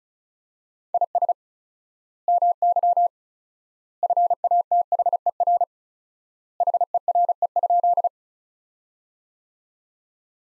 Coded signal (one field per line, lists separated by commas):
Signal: Morse code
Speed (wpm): 34 wpm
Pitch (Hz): 700 Hz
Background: none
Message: IS MY FATHER HERE?